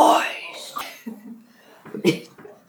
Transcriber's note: chuckles